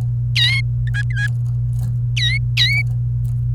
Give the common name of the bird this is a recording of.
Domestic Canary